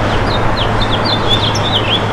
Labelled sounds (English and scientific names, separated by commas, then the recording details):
House Finch (Haemorhous mexicanus) song
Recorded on Long Island, New York, on 27 June 2012
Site BE
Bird A